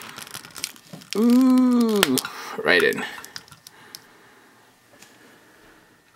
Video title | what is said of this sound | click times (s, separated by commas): Marvel Legends Walmart Exclusive Thanos Review | there and it pops right in and | 0.6 s